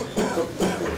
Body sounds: coughing mixed with background sound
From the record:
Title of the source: Residual Phlegmy Morning Coughing and Gagging

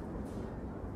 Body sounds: background sound without coughing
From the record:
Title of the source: Train Ride Ambience ambient white noise for sleeping, focus, studying, reading

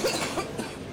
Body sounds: coughing mixed with background sound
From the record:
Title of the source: 61 morning phlegmy cough...again

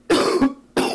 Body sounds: coughing mixed with background sound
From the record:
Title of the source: Coughing 77

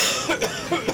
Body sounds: coughing mixed with background sound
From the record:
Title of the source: Dry Afternoon Cough

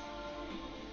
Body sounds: background sound without coughing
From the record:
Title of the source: BackgroundMusic4

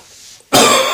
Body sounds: coughing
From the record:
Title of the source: Mid-morning Winter Coughing Fit

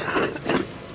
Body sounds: coughing mixed with background sound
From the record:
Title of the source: 30 Chesty and wet cough

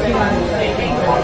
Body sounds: background sound without coughing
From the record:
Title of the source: Nightlife Party Simulating Party Club Noise 1 Hour

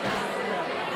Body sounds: coughing mixed with background sound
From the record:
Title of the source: Barking cough - # 10

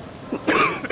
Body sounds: coughing mixed with background sound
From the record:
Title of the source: 31 night wet cough

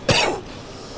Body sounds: coughing mixed with background sound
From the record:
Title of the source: Coughing 79

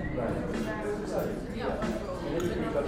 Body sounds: background sound without coughing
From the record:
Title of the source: 60 minutes of coffee shop sounds for study and concentration

